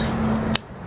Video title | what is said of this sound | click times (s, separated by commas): My Camera Review! (Pros and Cons/Comparisons) | you hear click and boom I got your | 0.6 s